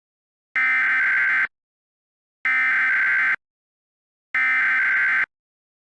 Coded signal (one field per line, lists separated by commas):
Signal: Emergency Alert System (SAME) tones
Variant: header bursts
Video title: EAS Scenario Special - Long Valley (With BlackBird7790)